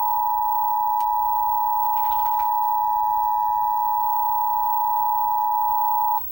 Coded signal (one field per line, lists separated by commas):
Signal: Emergency Alert System (SAME) tones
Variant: 853 and 960 Hz attention tone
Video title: One Night=Lots Of Warnings...EAS Alerts From August 27, 2020 (EAS# 441-453)